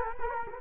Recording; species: mosquito wingbeat signal from an infrared sensor; Culex quinquefasciatus